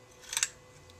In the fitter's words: locks into place